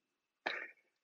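A single short, harsh cough burst lasting about a third of a second, fading out with a brief breathy tail. It is an adult's throat-irritation cough after tasting extra virgin olive oil, whose polyphenol oleocanthal irritates the throat; a normal reflex response.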